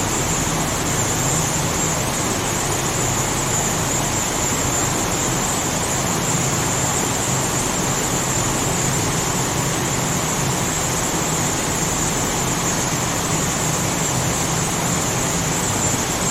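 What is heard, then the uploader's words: A forest river rushes in a steady, dense wash of sound, with a low rumble beneath and a bright hiss on top, unchanging throughout. Peaceful Forest River 1 Hour of Relaxing River Sounds HD Nature.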